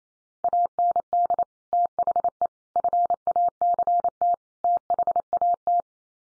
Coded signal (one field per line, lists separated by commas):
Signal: Morse code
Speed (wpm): 28 wpm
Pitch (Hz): 700 Hz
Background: none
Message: AND THE FACT THAT